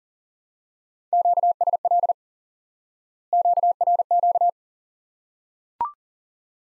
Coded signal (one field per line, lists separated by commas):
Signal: Morse code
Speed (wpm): 40 wpm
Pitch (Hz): 700 Hz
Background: none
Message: QSL QRQ